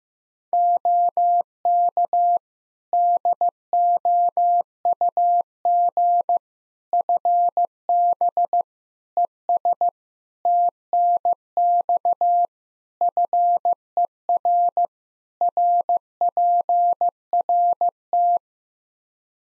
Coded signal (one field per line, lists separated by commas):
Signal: Morse code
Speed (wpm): 15 wpm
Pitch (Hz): 700 Hz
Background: none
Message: OK DOUG FB ES TNX FER RPRT